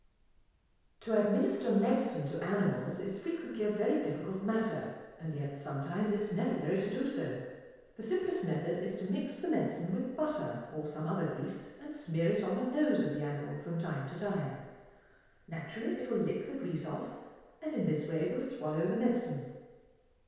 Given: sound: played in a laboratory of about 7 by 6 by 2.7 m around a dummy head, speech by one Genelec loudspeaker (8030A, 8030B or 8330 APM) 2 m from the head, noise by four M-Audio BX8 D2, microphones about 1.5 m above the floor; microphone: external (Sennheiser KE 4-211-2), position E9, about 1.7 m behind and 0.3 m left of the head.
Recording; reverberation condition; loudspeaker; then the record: female speech in English; high; 90 degrees to the left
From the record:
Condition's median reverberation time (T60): about 1300 ms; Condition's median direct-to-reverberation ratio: about -4.0 dB